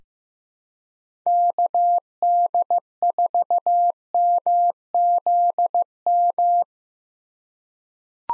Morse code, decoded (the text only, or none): KD4MZM